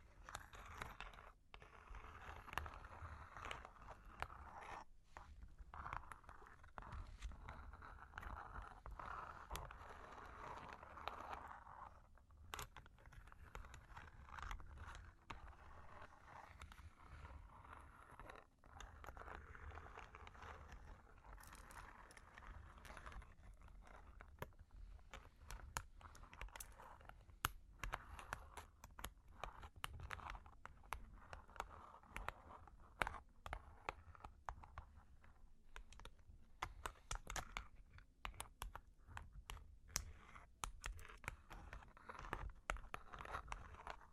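Long claws tap and scratch in a quick, uneven stream of sharp clicks, with denser flurries after about thirty seconds. A steady low rumble runs underneath throughout, and a softer scraping hiss rises and falls in the middle.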